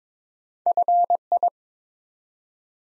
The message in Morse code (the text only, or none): FI